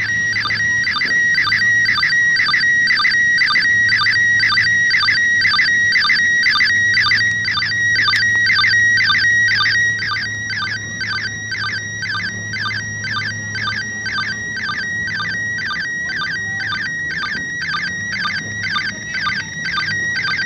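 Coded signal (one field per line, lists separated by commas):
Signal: SSTV (slow-scan television)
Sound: steady high warbling tone interrupted by regular short chirpy blips about twice a second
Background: FM radio hiss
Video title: ARISS SSTV Lunar Exploration Dec. 31, 2021 10:35pm pst grid-PK04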